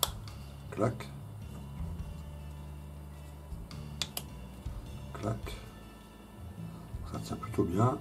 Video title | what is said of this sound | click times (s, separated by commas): Le Convoi: Montage du 88mm Flak 36 Tamiya au 1/35 - Part 03 Final | les roues c'est assez simple se clipse claque | 0.0 s